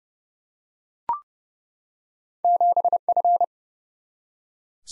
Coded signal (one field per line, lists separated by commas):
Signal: Morse code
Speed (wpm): 30 wpm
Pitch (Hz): 700 Hz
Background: none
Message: 7F